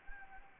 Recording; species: mosquito wingbeat signal from an infrared sensor; Anopheles gambiae